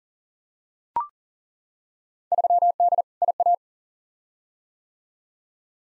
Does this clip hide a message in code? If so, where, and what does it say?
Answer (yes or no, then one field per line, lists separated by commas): yes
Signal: Morse code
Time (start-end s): 2.3-3.5 s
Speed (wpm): 40 wpm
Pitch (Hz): 700 Hz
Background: none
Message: 3D IA